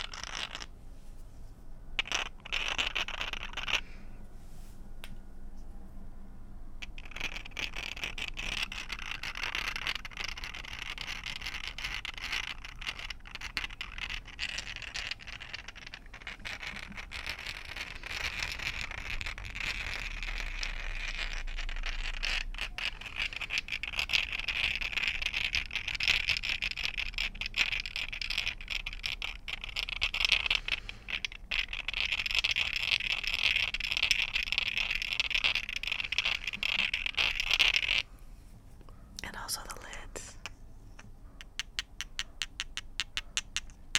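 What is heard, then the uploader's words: Dense rummaging through a bag of nail polish bottles, bright clicks and clinks rattling steadily from early on, quieting near the end. Mainly glass and metals. Rummaging through a bag of nail polish.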